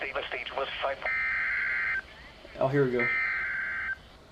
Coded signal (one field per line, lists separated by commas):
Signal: Emergency Alert System (SAME) tones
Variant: header bursts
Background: speech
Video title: EAS Timeline (EAS ALERTS 69-74)